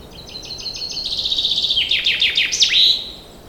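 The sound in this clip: Common chaffinch song: a run of repeated high notes followed by a series of descending slurred phrases, ending in a brief flourish. Faint background hiss.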